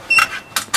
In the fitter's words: I'm sitting down and I'm making sure that my seat belt snaps so it locks into place